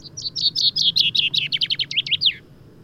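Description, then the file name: Common chaffinch song: a fast cascading series of high notes that quickens and drops in pitch, closing with a brisk downward flourish over faint low background hum. "Fringilla coelebs"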